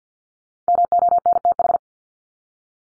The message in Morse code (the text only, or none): MONTH